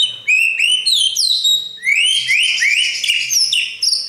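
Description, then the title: Oriental magpie-robin pouring out high, rapid upward-sweeping whistles and squeaky notes in quick succession, with hardly a break throughout. "Kicau Kacer"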